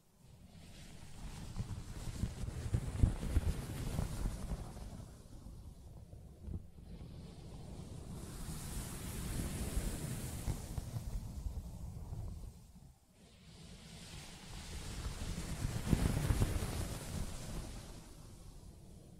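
Soft scratching and rubbing on a fabric surface comes as slow, rushing swells, like wind. The sound rises and fades about three times, peaking near 3, 10 and 16 seconds, with brief quiet dips around 6 and 13 seconds. The texture is dense and low.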